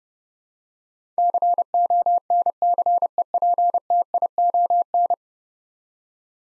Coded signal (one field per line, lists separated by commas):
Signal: Morse code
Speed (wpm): 30 wpm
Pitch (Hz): 700 Hz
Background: none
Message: CONCEPTION